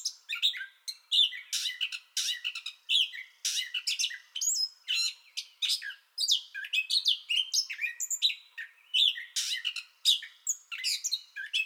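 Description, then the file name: Gray catbird song bout, a long run of varied chirps, harsh squawks and short whistled slurs in quick succession, no clear pattern repeating. Song bout already in progress, recorded 30 May 2021. "2021-05-30 Gray Catbird Song Bout Already Going"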